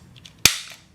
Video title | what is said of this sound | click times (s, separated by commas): How to Disassemble and Reassemble Springfield Armory Prodigy (Field Strip) | right into here and you're going to push the magazine all the way up until you hear a click | 0.5 s